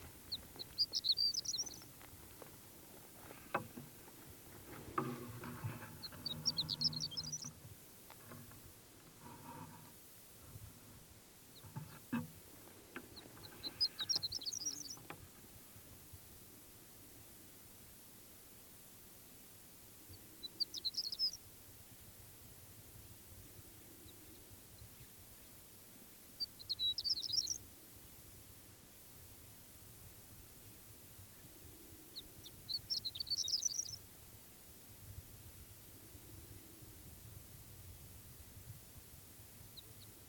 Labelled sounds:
Horned Lark

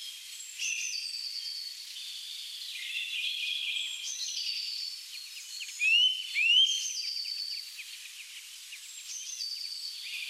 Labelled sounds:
Grey-headed Woodpecker song

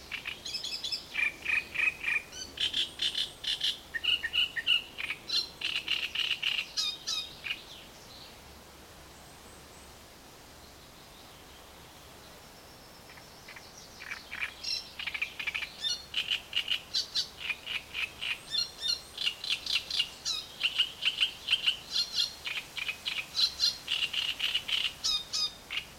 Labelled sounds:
Great Reed Warbler

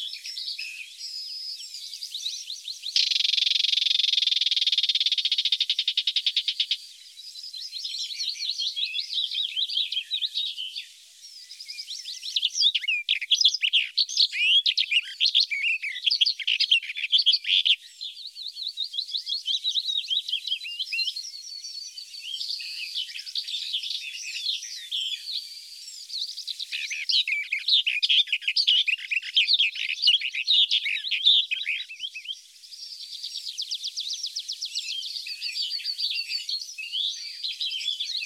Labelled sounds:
Barred Warbler song

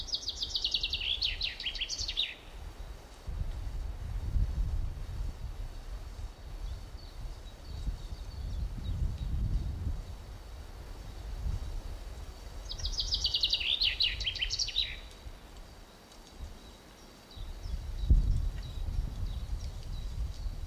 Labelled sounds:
Common Chiffchaff song

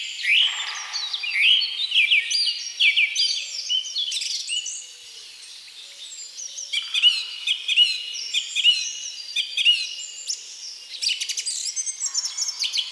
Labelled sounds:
Song Thrush song

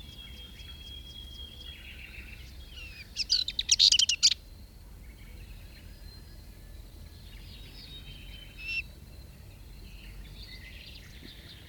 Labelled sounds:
Subalpine Warbler song

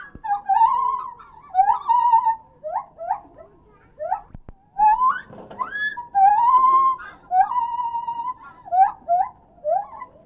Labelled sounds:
Lar Gibbon

